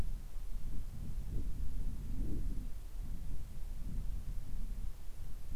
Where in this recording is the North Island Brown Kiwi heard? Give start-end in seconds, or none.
none